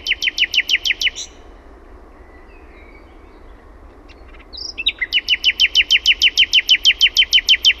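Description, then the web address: Common nightingale in full song, rapid strings of loud, hard repeated notes separated by a quiet gap, the second run long and steady. Own recording made in Finland. "OMAT AANITYKSET ETELAN SATAKIELI"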